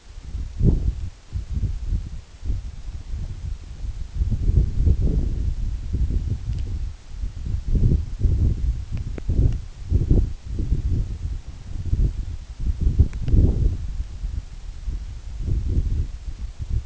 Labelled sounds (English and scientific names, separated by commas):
none